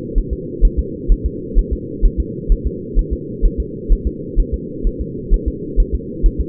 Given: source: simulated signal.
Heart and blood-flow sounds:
fetal heart sounds
0.18 s: S1
0.33 s: S2
0.65 s: S1
0.79 s: S2
1.12 s: S1
1.26 s: S2
1.59 s: S1
1.73 s: S2
2.05 s: S1
2.20 s: S2
2.52 s: S1
2.67 s: S2
2.99 s: S1
3.13 s: S2
3.46 s: S1
3.60 s: S2
3.92 s: S1
4.07 s: S2
4.40 s: S1
4.54 s: S2
4.87 s: S1
5.01 s: S2
5.34 s: S1
5.48 s: S2
5.80 s: S1
5.95 s: S2
6.26 s: S1
6.41 s: S2
From the record:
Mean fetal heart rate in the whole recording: 130 bpm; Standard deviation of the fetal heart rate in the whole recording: 2 bpm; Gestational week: 38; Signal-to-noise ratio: -4.1 dB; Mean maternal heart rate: no maternal heart sound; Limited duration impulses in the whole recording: absent

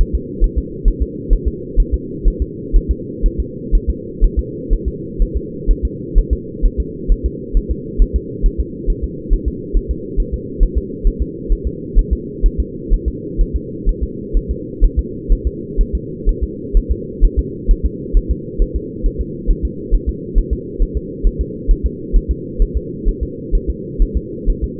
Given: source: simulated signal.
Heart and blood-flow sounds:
fetal heart sounds
0.01 s: S1
0.15 s: S2
0.44 s: S1
0.58 s: S2
0.88 s: S1
1.02 s: S2
1.33 s: S1
1.48 s: S2
1.80 s: S1
1.94 s: S2
2.28 s: S1
2.42 s: S2
2.77 s: S1
2.91 s: S2
3.26 s: S1
3.40 s: S2
3.75 s: S1
3.90 s: S2
4.24 s: S1
4.39 s: S2
4.73 s: S1
4.88 s: S2
5.22 s: S1
5.37 s: S2
5.71 s: S1
5.85 s: S2
6.19 s: S1
6.33 s: S2
6.66 s: S1
6.80 s: S2
7.12 s: S1
7.26 s: S2
7.57 s: S1
7.71 s: S2
8.02 s: S1
8.16 s: S2
8.46 s: S1
8.60 s: S2
8.90 s: S1
9.04 s: S2
9.34 s: S1
9.48 s: S2
9.77 s: S1
9.91 s: S2
10.20 s: S1
10.34 s: S2
10.63 s: S1
10.78 s: S2
11.07 s: S1
11.22 s: S2
11.52 s: S1
11.67 s: S2
11.99 s: S1
12.13 s: S2
12.46 s: S1
12.60 s: S2
12.94 s: S1
13.08 s: S2
13.41 s: S1
13.56 s: S2
13.89 s: S1
14.03 s: S2
14.37 s: S1
14.51 s: S2
14.84 s: S1
14.99 s: S2
15.33 s: S1
15.47 s: S2
15.81 s: S1
15.95 s: S2
16.29 s: S1
16.43 s: S2
16.77 s: S1
16.91 s: S2
17.25 s: S1
17.39 s: S2
17.71 s: S1
17.85 s: S2
18.17 s: S1
18.31 s: S2
18.62 s: S1
18.76 s: S2
19.06 s: S1
19.21 s: S2
19.50 s: S1
19.65 s: S2
19.94 s: S1
20.09 s: S2
20.38 s: S1
20.53 s: S2
20.82 s: S1
20.97 s: S2
21.27 s: S1
21.41 s: S2
21.71 s: S1
21.86 s: S2
22.16 s: S1
22.31 s: S2
22.62 s: S1
22.77 s: S2
23.09 s: S1
23.23 s: S2
23.55 s: S1
23.70 s: S2
24.02 s: S1
24.17 s: S2
24.50 s: S1
24.64 s: S2
From the record:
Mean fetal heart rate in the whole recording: 130 bpm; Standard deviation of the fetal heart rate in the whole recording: 4 bpm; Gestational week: 38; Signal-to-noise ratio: -4.1 dB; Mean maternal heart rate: no maternal heart sound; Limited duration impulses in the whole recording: absent

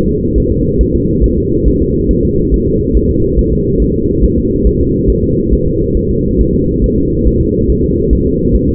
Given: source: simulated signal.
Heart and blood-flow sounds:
fetal heart sounds
0.09 s: S2
0.38 s: S1
0.52 s: S2
0.81 s: S1
0.95 s: S2
1.24 s: S1
1.38 s: S2
1.68 s: S1
1.82 s: S2
2.11 s: S1
2.25 s: S2
2.54 s: S1
2.68 s: S2
2.97 s: S1
3.11 s: S2
3.39 s: S1
3.53 s: S2
3.82 s: S1
3.96 s: S2
4.25 s: S1
4.38 s: S2
4.67 s: S1
4.81 s: S2
5.10 s: S1
5.24 s: S2
5.53 s: S1
5.68 s: S2
5.97 s: S1
6.11 s: S2
6.41 s: S1
6.55 s: S2
6.84 s: S1
6.98 s: S2
7.28 s: S1
7.41 s: S2
7.70 s: S1
7.84 s: S2
8.13 s: S1
8.27 s: S2
8.56 s: S1
8.69 s: S2
From the record:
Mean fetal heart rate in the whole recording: 140 bpm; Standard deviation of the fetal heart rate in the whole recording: 2 bpm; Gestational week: 34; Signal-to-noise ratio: -14.7 dB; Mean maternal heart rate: 72 bpm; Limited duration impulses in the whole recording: present

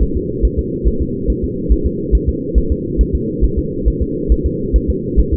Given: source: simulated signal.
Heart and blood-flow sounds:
fetal heart sounds
0.03 s: S1
0.17 s: S2
0.45 s: S1
0.59 s: S2
0.88 s: S1
1.02 s: S2
1.30 s: S1
1.44 s: S2
1.72 s: S1
1.86 s: S2
2.15 s: S1
2.29 s: S2
2.58 s: S1
2.72 s: S2
3.01 s: S1
3.15 s: S2
3.44 s: S1
3.58 s: S2
3.88 s: S1
4.02 s: S2
4.32 s: S1
4.46 s: S2
4.76 s: S1
4.90 s: S2
5.19 s: S1
5.34 s: S2
From the record:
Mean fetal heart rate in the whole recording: 140 bpm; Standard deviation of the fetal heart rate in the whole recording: 2 bpm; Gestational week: 34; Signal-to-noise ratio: -6.6 dB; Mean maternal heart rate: 72 bpm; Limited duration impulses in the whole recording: present

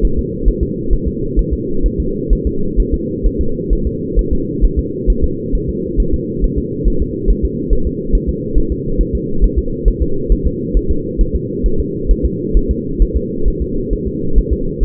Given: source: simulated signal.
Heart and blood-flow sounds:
fetal heart sounds
0.05 s: S1
0.19 s: S2
0.49 s: S1
0.63 s: S2
0.93 s: S1
1.08 s: S2
1.39 s: S1
1.53 s: S2
1.86 s: S1
2.00 s: S2
2.33 s: S1
2.47 s: S2
2.80 s: S1
2.94 s: S2
3.27 s: S1
3.41 s: S2
3.73 s: S1
3.87 s: S2
4.19 s: S1
4.33 s: S2
4.65 s: S1
4.79 s: S2
5.10 s: S1
5.24 s: S2
5.55 s: S1
5.69 s: S2
6.00 s: S1
6.14 s: S2
6.44 s: S1
6.58 s: S2
6.88 s: S1
7.02 s: S2
7.30 s: S1
7.45 s: S2
7.73 s: S1
7.87 s: S2
8.15 s: S1
8.29 s: S2
8.58 s: S1
8.72 s: S2
9.01 s: S1
9.15 s: S2
9.44 s: S1
9.59 s: S2
9.88 s: S1
10.02 s: S2
10.32 s: S1
10.47 s: S2
10.77 s: S1
10.91 s: S2
11.21 s: S1
11.36 s: S2
11.66 s: S1
11.80 s: S2
12.11 s: S1
12.26 s: S2
12.57 s: S1
12.71 s: S2
13.02 s: S1
13.17 s: S2
13.48 s: S1
13.62 s: S2
13.93 s: S1
14.08 s: S2
14.38 s: S1
14.53 s: S2
14.83 s: S1
From the record:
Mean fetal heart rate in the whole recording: 135 bpm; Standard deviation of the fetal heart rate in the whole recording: 3 bpm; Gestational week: 36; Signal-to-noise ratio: -8.1 dB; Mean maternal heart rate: 72 bpm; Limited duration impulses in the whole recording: absent

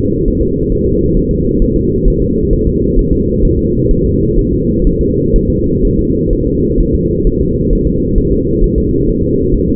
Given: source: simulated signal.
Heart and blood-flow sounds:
fetal heart sounds
0.28 s: S1
0.42 s: S2
0.72 s: S1
0.86 s: S2
1.17 s: S1
1.31 s: S2
1.62 s: S1
1.76 s: S2
2.08 s: S1
2.22 s: S2
2.53 s: S1
2.67 s: S2
2.99 s: S1
3.13 s: S2
3.45 s: S1
3.59 s: S2
3.91 s: S1
4.05 s: S2
4.38 s: S1
4.53 s: S2
4.87 s: S1
5.01 s: S2
5.36 s: S1
5.50 s: S2
5.85 s: S1
5.99 s: S2
6.33 s: S1
6.47 s: S2
6.80 s: S1
6.95 s: S2
7.27 s: S1
7.41 s: S2
7.73 s: S1
7.87 s: S2
8.18 s: S1
8.32 s: S2
8.64 s: S1
8.78 s: S2
9.09 s: S1
9.23 s: S2
9.54 s: S1
9.68 s: S2
From the record:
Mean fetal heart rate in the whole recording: 130 bpm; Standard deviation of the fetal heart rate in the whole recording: 4 bpm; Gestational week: 38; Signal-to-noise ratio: -10.2 dB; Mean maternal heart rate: 72 bpm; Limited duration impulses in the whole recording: present

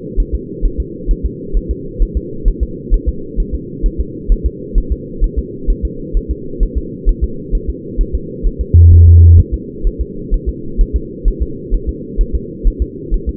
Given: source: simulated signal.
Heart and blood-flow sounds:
fetal heart sounds
0.20 s: S1
0.35 s: S2
0.65 s: S1
0.80 s: S2
1.11 s: S1
1.25 s: S2
1.57 s: S1
1.71 s: S2
2.02 s: S1
2.17 s: S2
2.48 s: S1
2.63 s: S2
2.94 s: S1
3.09 s: S2
3.40 s: S1
3.54 s: S2
3.86 s: S1
4.00 s: S2
4.32 s: S1
4.46 s: S2
4.78 s: S1
4.92 s: S2
5.24 s: S1
5.38 s: S2
5.70 s: S1
5.85 s: S2
6.17 s: S1
6.31 s: S2
6.63 s: S1
6.78 s: S2
7.09 s: S1
7.24 s: S2
7.55 s: S1
7.69 s: S2
8.01 s: S1
8.15 s: S2
8.47 s: S1
8.61 s: S2
8.93 s: S1
9.07 s: S2
9.40 s: S1
9.54 s: S2
9.87 s: S1
10.01 s: S2
10.34 s: S1
10.49 s: S2
10.81 s: S1
10.96 s: S2
11.28 s: S1
11.43 s: S2
11.74 s: S1
11.89 s: S2
12.21 s: S1
12.35 s: S2
12.67 s: S1
12.82 s: S2
13.14 s: S1
13.29 s: S2
From the record:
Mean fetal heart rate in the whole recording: 130 bpm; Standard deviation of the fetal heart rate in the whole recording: 4 bpm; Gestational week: 38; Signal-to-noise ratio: -4.3 dB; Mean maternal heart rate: 72 bpm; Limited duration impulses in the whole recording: present

